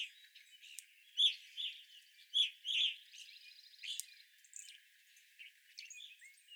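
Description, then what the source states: Evening grosbeak calls, loud chirps at irregular intervals, with a brief buzzy trill in the middle and softer chatter throughout. Evening grosbeaks, 25 April 2021.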